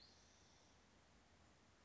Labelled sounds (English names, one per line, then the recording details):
Spotted Towhee
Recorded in Sonoma County, California